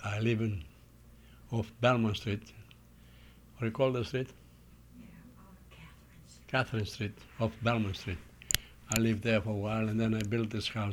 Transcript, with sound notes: I live in - off Belmar Street. What you call the street?
[whispers] Yeah Catherine Street.
Catherine Street off Belmar Street. I lived there for awhile and then I built this house.